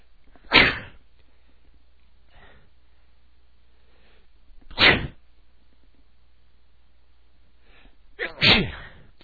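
Adult male sneezing many times in a row: three sharp, loud sneezes a few seconds apart, the last preceded by a quick intake of breath.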